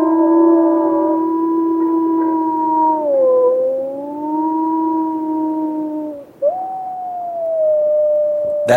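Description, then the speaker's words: Gray wolf: a howl of long smooth tones that dip and rise, breaking off before a higher howl continues steadily. Lamar Canyon pack in Yellowstone, recorded from the road from a car this past January. "Yeah, so those wolves, those were the Lamar Canyon pack. I recorded that this past January from the road."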